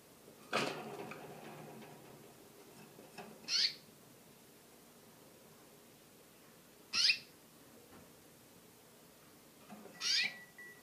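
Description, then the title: Orange-headed thrush giving three harsh, rasping high calls several seconds apart, after a sharp knock or click at the start. "Burung Anis Merah"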